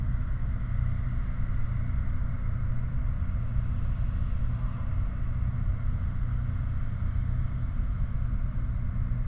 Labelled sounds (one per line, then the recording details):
machinery
flare stack
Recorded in the Prudhoe Bay oil fields, Alaska, on 16 August 2019 at 01:09
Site 29